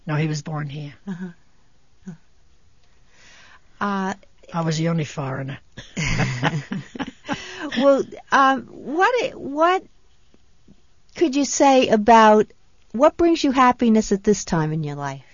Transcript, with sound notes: No, he was born here. I was the only foreigner. (they laugh)
Well, what, what could you say about, what brings you happiness at this time in your life?